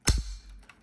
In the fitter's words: and snaps in place